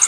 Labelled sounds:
Blackburnian Warbler (Setophaga fusca) flight call

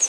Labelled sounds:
Pine Warbler (Setophaga pinus) flight call

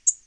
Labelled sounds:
Tennessee Warbler (Leiothlypis peregrina) flight call

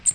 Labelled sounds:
American Redstart (Setophaga ruticilla) flight call

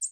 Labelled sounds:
American Redstart (Setophaga ruticilla) flight call

